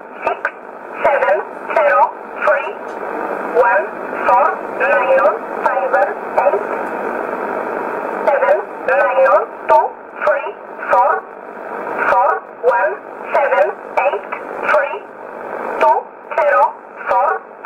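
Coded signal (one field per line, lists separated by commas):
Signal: numbers station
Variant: E11 Oblique, English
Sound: a voice reading short, evenly spaced single words over shortwave radio hiss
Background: radio static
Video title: 14 04 2020 E11 Oblique Numbers station in English 0853 on 12202 unknown tx site in USB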